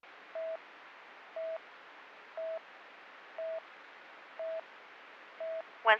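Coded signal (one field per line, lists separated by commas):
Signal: none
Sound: radio channel beeps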